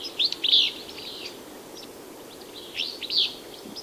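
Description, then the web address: Willow Flycatcher with two quick buzzy, burry phrases, one at the start and one near the end, separated by fainter high notes and quiet hiss. Western North America. "Songs of Birds of North America Know Your Bird Sounds Common Western Species. Willow Flycatcher"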